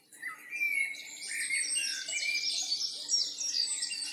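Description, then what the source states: Birds twitter and warble in a brief, busy chorus of bright high notes. Birds singing in a forest in the evening.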